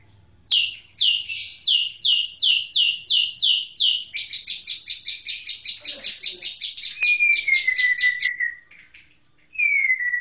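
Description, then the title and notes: White-rumped shama song: a quick series of sharp repeated notes speeding into a dense trill, then a clear descending whistle, and another after a brief pause. Song-training (masteran) material for white-rumped shama. "Masteran Murai Batu"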